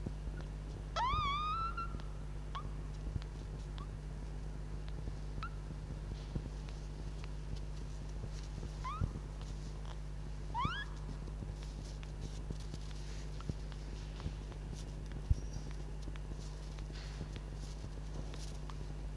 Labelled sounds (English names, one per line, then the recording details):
Red Fox
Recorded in captivity
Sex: diverse
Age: juvenile
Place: Zoologisches Institut der HUB, Berlin, DE
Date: 1956-04-03 13:00
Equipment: Elmetra
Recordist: Tembrock, Günter